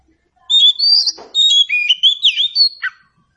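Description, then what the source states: Oriental Magpie-Robin song: a brief rich string of sweet whistles and quick slurred chirps, loud and continuous for about two and a half seconds. Meant to prompt a bird to sing in reply.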